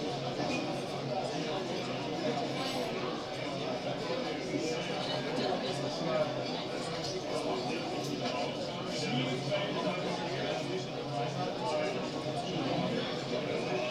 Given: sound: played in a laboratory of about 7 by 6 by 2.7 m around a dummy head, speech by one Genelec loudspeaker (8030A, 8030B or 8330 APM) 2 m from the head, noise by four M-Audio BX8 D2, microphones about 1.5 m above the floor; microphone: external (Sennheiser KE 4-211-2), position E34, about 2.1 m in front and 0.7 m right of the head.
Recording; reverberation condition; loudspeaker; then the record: cafeteria noise; low; four, about 170 cm from the corners of the room and facing them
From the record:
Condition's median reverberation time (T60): about 310 ms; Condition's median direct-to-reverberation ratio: about 3.5 dB